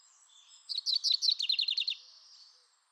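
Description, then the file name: Common chaffinch song, a single quick run of high repeated notes stepping downward and closing with a brief flourish. "Fringilla coelebs"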